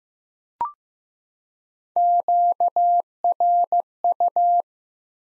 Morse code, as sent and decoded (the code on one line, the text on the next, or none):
--.- .-. ..-
QRU